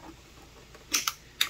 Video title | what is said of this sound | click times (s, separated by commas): How to Remove Install Replace Key Ignition Assembly Honda Elite 110 NHX110 Lead Scooter DIY | it'll click in place if it's incorrectly you know it can only go in one way really | 1.4 s